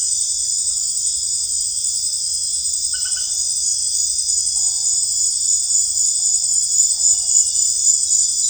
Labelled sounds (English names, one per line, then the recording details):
none
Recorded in pastures near Puerto Asís, Putumayo, Colombia, on 29 June 2025 at 18:30
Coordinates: 0.502, -76.324
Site G010